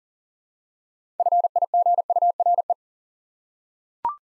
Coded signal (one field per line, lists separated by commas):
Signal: Morse code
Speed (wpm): 39 wpm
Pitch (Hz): 700 Hz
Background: none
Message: FIGURE